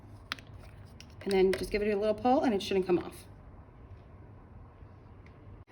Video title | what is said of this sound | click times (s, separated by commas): Avalon Water Cooler - Checking the Seals on a Top Loading Unit | and then you're going to take your finger and push down and you'll hear it lock into place | 0.3 s